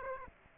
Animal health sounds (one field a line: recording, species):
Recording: mosquito wingbeat signal from an infrared sensor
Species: Aedes aegypti